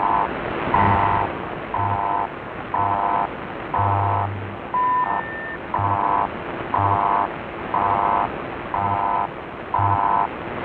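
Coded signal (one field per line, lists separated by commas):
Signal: radio time signal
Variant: BPM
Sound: regular 1 kHz beeps once a second, about 10, one longer, over hiss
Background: radio static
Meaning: Each tone marks one second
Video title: [5MHz] 標準時報局(BPM) [ICF-SW7600G]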